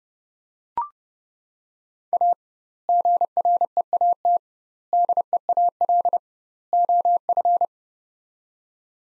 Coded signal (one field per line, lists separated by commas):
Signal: Morse code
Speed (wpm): 30 wpm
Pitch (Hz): 700 Hz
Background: none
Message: A GREAT DEAL OF